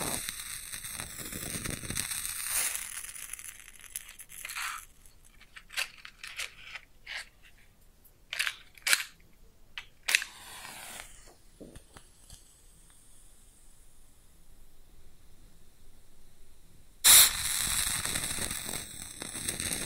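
A match is struck and lit, followed by crackling and sizzling as it burns. Sharp, irregular pops and ticks come every second or so over a low, steady hiss that fades toward the middle. A sudden bright flare bursts out near the end.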